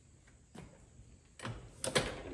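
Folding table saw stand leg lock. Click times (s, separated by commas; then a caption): 1.8 s. A folding table saw stand is laid out and its leg lock clicks into place, seating open. Softer movement sounds come at about 0.6 s and 1.5 s, and the sharp, loudest lock click comes at 1.8 s, followed by a brief rattle.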